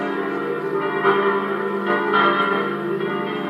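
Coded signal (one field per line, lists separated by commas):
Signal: bell signal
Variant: five swung bells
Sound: several church bells swinging and ringing together, overlapping metallic strikes continuously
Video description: concerto di 5 campane mezz' ora prima della messa delle 09:30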